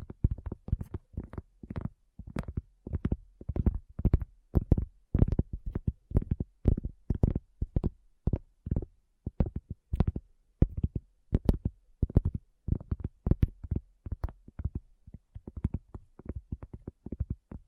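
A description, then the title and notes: Steady tapping continues throughout, roughly three or four sharp taps each second in a fairly even rhythm. Each tap has a dull, hollow low thud with a brighter click on top, and the gaps between taps are nearly silent. ASMR Addictive Tapping. (No Talking).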